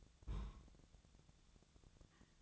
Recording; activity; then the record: daily activity, microphone in the room; place on stove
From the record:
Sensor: 3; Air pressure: 999.3 hPa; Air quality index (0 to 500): 197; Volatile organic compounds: 44 ppm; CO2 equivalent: 3209 ppm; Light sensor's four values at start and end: 7/18/7/7 and 7/18/7/7